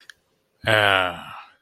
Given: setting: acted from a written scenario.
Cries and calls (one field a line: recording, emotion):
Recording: vocal sound without words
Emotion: embarrassment